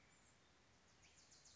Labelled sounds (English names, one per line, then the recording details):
Wilson's Warbler
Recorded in Sonoma County, California